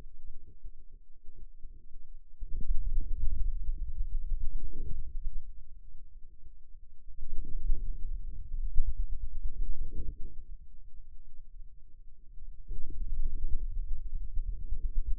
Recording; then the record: forearm muscle sounds (acoustic myography)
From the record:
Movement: hand opening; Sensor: system 2, bracelet of six BSWA MPA416 microphones around the upper forearm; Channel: 5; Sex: male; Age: 22 years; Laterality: right